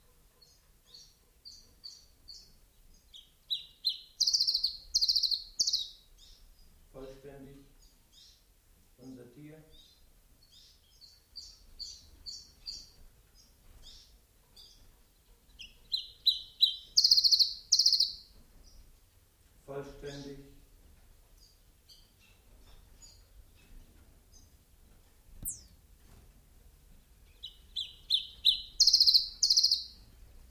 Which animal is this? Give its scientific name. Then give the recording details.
Phylloscopus collybita. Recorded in captivity. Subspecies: collybita. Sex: male. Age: adult. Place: Zoologisches Institut Universität Tübingen, Spanierzimmer, Baden-Württemberg, DE. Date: 1969-06-13. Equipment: Nagra III PH, MKH 805, PES 26. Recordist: Schneider, Hans-Joachim. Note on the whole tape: Männchen blau/blau -rot/gelb aus eignerer Zucht 1967: sonderbare Gesänge mit brehmii-artigen Triller. MaAs: U.K